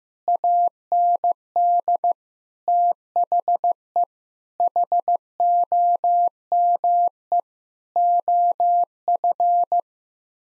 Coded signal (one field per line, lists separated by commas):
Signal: Morse code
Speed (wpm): 16 wpm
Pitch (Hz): 700 Hz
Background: none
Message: AND THE HOME OF